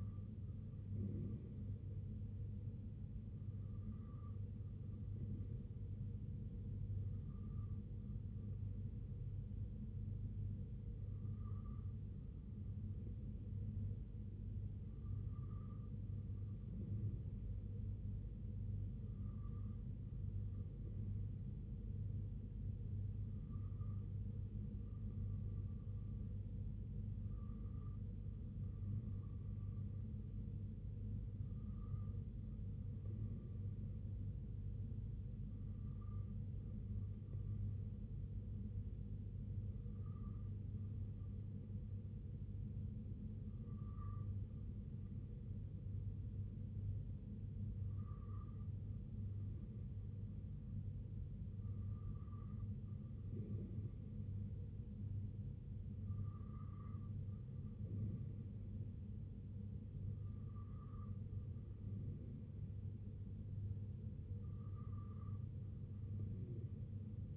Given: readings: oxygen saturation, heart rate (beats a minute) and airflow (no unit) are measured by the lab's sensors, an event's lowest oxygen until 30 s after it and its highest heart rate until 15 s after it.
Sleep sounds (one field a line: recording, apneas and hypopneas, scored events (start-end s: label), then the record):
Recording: breathing in sleep by a smartphone at the bedside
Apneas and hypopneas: none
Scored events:
none scored
From the record:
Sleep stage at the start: N3 (deep sleep)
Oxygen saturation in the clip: 92 to 94%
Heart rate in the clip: 62 to 68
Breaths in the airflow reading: 17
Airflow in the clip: -2.9 to 1.7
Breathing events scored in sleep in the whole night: 258 in 7.4 hours asleep